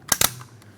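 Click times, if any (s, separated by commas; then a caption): 0.1 s, 0.2 s. A master window and mirror switch for a 2003-2007 Cadillac CTS is pressed into the plastic door switch panel, and its six locking tabs, three along each side, are meant to click in. Two sharp, loud clicks land at 0.1 s and 0.2 s, followed by fainter ticks around 0.4 s and 0.6 s. The switch is seated in the panel.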